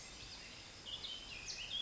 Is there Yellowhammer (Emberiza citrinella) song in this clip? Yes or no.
no